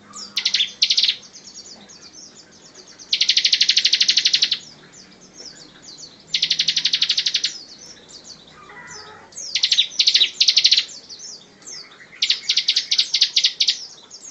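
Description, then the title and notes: Bar-winged prinia song with long harsh buzzing trills and bursts of quick chattering notes, repeated with brief pauses, over faint steady background noise. Song in the 'ngebren' style, used as a master recording for training white-rumped shamas. "Ciblek Ngebren Untuk Masteran Murai Batu. Suara burung ciblek"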